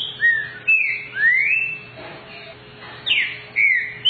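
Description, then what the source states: Green-winged saltator whistling slurred notes that rise and fall, with a noisy gap in the middle before more whistles resume, over a faint constant hum. Trinca-ferro song type 'voz 06', one of 14 song types compiled in a single video.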